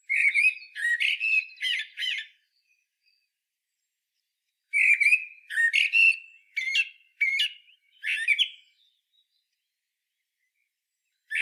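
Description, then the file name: Common blackbird warbling in clustered mellow whistles with brief scratchy additions, two bursts of phrases separated by a long pause, then a final note at the end. "Turdus merula"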